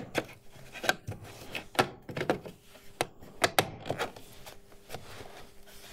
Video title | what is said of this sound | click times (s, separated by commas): Fixing a Collision-Damaged Side Mirror (2009 Saab 9-5) - Trionic Seven | it snaps back in this is the replacement motor | 3.0 s, 3.6 s